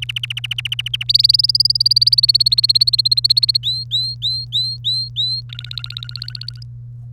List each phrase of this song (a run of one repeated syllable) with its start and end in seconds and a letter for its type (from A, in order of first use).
0.02-1.03 A, 1.09-3.57 B, 3.63-5.41 C, 5.49-6.63 D